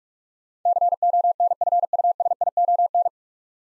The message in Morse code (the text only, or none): CONFUSION